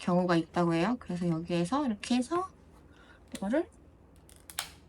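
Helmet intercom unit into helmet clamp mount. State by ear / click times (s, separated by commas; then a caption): seated / 4.6 s. A motorcycle helmet intercom unit is pushed firmly onto its plastic clamp kit mount on the helmet while someone talks. After the talking stops, a few faint taps lead to a sharp click at 4.6 s as the unit seats into the clamp.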